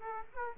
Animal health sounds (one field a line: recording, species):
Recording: mosquito wingbeat signal from an infrared sensor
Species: Aedes aegypti